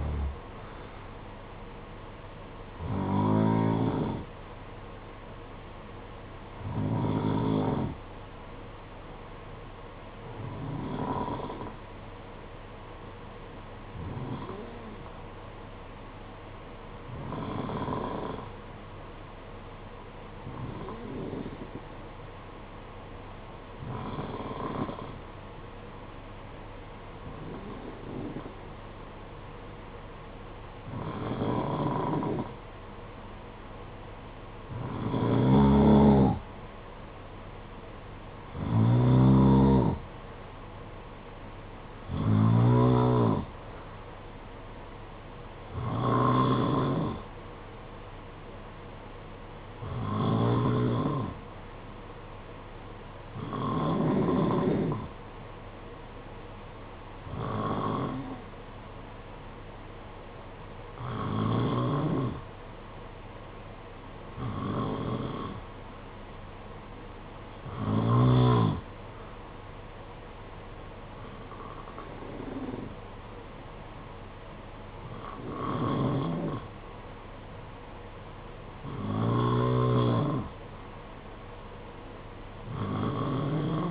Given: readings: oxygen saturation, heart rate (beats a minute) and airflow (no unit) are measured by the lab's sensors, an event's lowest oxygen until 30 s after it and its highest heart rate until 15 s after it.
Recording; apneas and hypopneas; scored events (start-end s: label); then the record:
breathing in sleep by a voice recorder at the bedside; 1
20.00-34.60 s: hypopnea (N2, oxygen 93% highest, then 90% lowest, heart rate 55 at the start, 59 highest)
From the record:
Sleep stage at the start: N2 (light sleep); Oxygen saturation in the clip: 90 to 93%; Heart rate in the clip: 53 to 60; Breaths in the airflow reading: 22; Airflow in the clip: -8.7 to 4.5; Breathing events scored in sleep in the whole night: 476 in 9.7 hours asleep